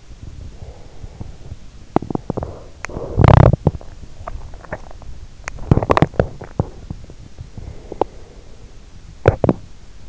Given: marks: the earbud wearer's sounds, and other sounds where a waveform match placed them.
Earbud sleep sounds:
sounds in sleep by an in-ear microphone; breath, teeth grinding, swallowing
0.00-1.81 s: breath
1.81-3.74 s: teeth grinding
3.99-5.30 s: swallowing
5.81-10.09 s: teeth grinding

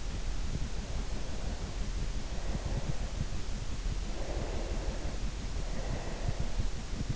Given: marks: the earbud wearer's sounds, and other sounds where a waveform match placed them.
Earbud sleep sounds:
sounds in sleep by an in-ear microphone; breath
1.17-3.12 s: breath
4.33-6.63 s: breath

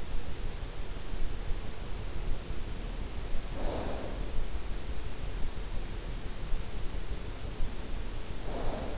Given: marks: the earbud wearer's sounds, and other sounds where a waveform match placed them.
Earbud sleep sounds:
sounds in sleep by an in-ear microphone; snoring breath
3.42-4.10 s: snoring breath
8.19-8.98 s: snoring breath

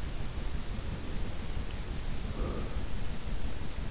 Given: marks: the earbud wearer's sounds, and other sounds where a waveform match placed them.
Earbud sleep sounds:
sounds in sleep by an in-ear microphone; breath
0.19-3.11 s: breath

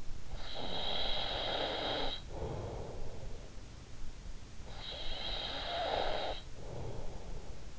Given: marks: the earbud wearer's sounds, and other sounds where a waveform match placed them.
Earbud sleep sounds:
sounds in sleep by an in-ear microphone; snoring breath
0.08-3.91 s: snoring breath
4.45-7.79 s: snoring breath

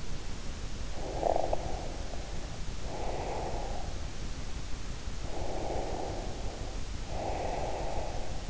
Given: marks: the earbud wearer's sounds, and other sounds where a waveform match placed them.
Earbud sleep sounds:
sounds in sleep by an in-ear microphone; breath
0.84-3.99 s: breath
5.19-8.50 s: breath

